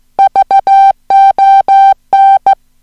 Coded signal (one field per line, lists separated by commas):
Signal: Morse code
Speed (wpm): 14 wpm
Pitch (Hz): 780 Hz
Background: music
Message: VON